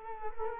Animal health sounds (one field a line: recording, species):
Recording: mosquito wingbeat signal from an infrared sensor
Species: Culex quinquefasciatus